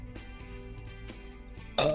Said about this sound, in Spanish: No sé, a ver, ¿tenés un eructo o algo? ¿Tenés eructo? A ver, quiero un eructo. Escucha.